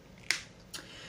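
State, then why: Seated. A flip-top cap on a cosmetic cream bottle, chosen because it avoids putting fingers and bacteria in the cream, is snapped shut. A sharp snap is heard at 0.3 s, followed by a softer sound around 0.75 s. The cap clips closed and is seated.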